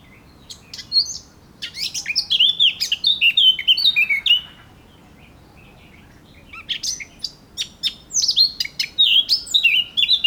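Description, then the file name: Eurasian blackcap song: a rapid warble of scratchy notes running into clear, fluty descending phrases, in two bursts separated by a pause of about two seconds. "Sylvia atricapilla"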